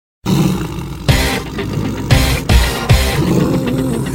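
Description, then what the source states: Tiger roaring, deep rough bursts that swell several times in four seconds, with a steady high-pitched electronic tone running over much of it. From a ringtone sound mix.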